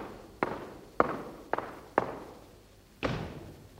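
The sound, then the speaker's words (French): Doors bang shut in a series of five heavy, booming thuds at uneven intervals, each ringing out briefly before the next, in a 1955 French performance of Victor Hugo's play Ruy Blas. No voices are heard. “Fermez la porte.”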